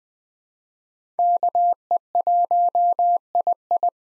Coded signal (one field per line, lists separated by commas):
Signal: Morse code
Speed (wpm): 20 wpm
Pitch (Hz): 700 Hz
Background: none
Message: KE1II